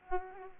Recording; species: mosquito wingbeat signal from an infrared sensor; Aedes aegypti